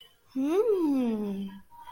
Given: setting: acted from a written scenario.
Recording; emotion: vocal sound without words; interest